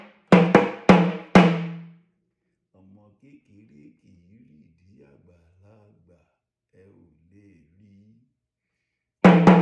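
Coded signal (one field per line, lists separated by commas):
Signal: talking drum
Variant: Yoruba sakara drum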